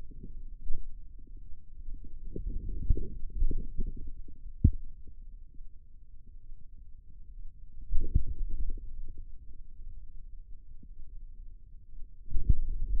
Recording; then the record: forearm muscle sounds (acoustic myography)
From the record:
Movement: outward rotation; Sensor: system 2, bracelet of six BSWA MPA416 microphones around the upper forearm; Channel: 3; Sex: male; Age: 22 years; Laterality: right